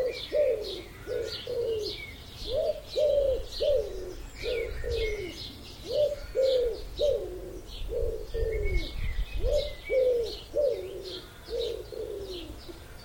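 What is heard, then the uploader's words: A Wiltshire village dawn chorus, dominated by a low pigeon-like cooing repeated in steady, rhythmic phrases throughout. Above it, blackbirds, robins and other songbirds add a dense tangle of bright chirps and trills, over a faint low rumble. Extended recording of the dawn chorus from a Wiltshire village. Deep in a Wiltshire vale, the comforting tang of woodsmoke hangs over a slumbering village. It's 5am and still dark but a magical chorus of blackbirds, robins, dunnocks and great tits greets the coming dawn. Recorded by Tanya Jackson.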